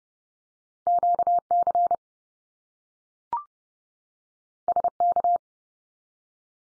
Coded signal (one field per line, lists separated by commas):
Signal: Morse code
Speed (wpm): 30 wpm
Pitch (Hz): 700 Hz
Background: none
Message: QC SK